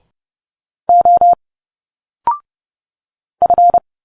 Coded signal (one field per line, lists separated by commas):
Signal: Morse code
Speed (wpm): 30 wpm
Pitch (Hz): 700 Hz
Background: none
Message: O F